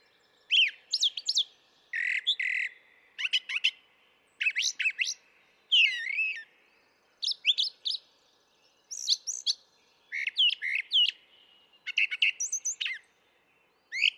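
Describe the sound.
Brown thrasher song: a long run of varied phrases, whistled, harsh and chattering, many repeated twice, with short pauses between.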